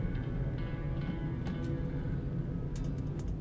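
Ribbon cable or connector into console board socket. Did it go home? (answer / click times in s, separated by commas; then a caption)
no / none. A ribbon cable or connector is reseated once more into a console board socket. A steady low hum runs throughout, with faint brief ticks around 1.5 s and 2.8 s. Nothing has seated or clicked yet: the connector fails to click in on this retry and may not be in far enough.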